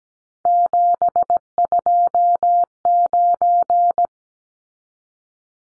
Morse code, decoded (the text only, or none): 729